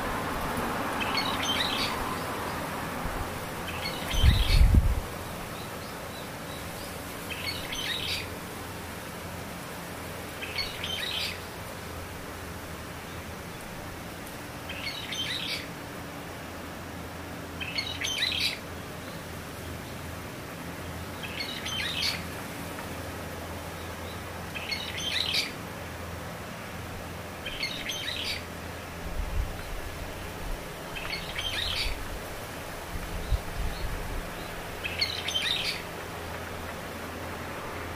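A bird calls in short bright bursts about every three seconds over a steady low rumble, with a thump near five seconds.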